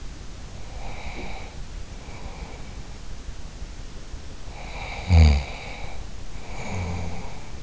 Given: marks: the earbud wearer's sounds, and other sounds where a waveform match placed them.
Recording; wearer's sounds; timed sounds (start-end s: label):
sounds in sleep by an in-ear microphone; breath, snoring breath
0.34-2.80 s: breath
4.50-7.63 s: snoring breath